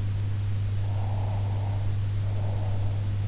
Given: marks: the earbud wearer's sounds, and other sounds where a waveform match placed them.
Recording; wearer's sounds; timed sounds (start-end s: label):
sounds in sleep by an in-ear microphone; breath
0.85-3.20 s: breath